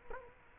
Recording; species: mosquito wingbeat signal from an infrared sensor; Culex quinquefasciatus